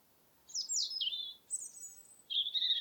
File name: european robin - erithacus rubecula